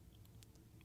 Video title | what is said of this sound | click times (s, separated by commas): Evap Canister Purge Valve Removal & Installation Ford 3.5L Ecoboost | make sure it clicks into place give it a tug make sure it's secure then | 0.4 s